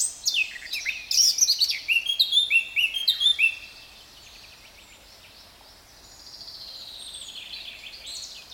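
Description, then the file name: Eurasian blackcap giving a fast, sweet warble for about three seconds, followed by a hush with only a faint thin rising whistle. "Sylvia atricapilla"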